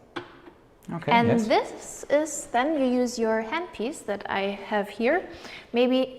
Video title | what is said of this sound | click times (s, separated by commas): MELAG: Free live webinar on reprocessing and care of dental handpieces | The adapter will actually click in place. | 0.2 s